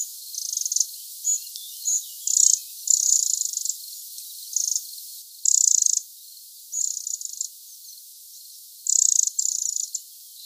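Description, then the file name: Eurasian wren giving harsh, dry, high-pitched buzzy rattling bursts, repeated irregularly with pauses between them. "Troglodytes troglodytes"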